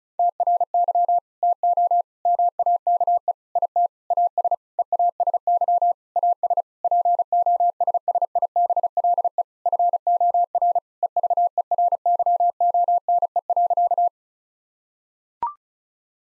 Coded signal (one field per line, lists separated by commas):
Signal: Morse code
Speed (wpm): 34 wpm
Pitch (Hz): 700 Hz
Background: none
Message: TRY TO MAKE IT AS EASY AS POSSIBLE FOR EVERYONE.